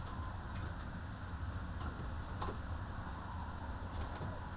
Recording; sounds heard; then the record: poultry house recording; healthy chickens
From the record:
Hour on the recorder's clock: 15